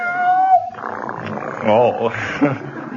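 cat meowing

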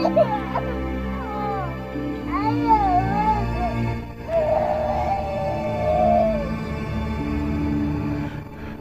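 newborn baby crying

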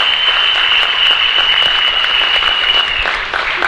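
audience applause

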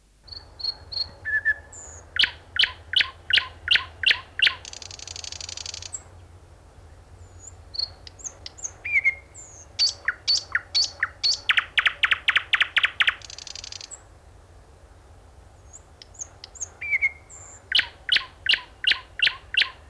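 nightingale song

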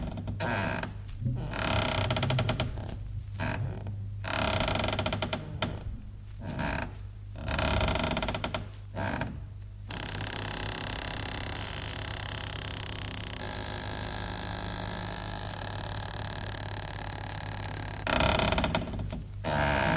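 creaking door hinge

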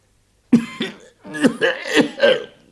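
angry cough

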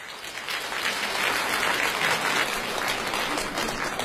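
audience applause

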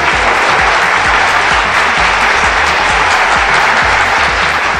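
applause

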